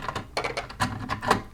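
A plastic bulkhead is worked down between two inverted assemblies of a DeAgostini Lotus F1 model chassis (stages 7-8) after some finagling, with light plastic clicks and rattles throughout. It drops into place with a sharp click at 0.4 s, and a further tap follows at 1.3 s.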